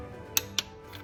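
A click-type torque wrench set to 18 ft-lb is pulled again on an engine bolt until it clicks. Two sharp, brief clicks come at 0.4 s and 0.6 s over a quiet background. The wrench clicks at its setting, confirming the bolt has reached torque.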